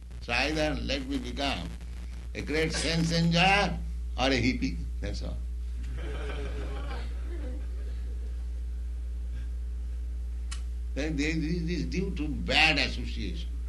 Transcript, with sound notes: So either let me become a great sense enjoyer or a hippy." That's all. [laughter] It is due to bad association.